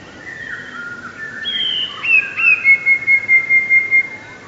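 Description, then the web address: Eurasian blue tit song after soft lower notes: a high thin whistle, two sliding notes, then an even trill of several ringing notes. "wroblowe teka 2 spiew 2. wroblowe teka modraszkoteka"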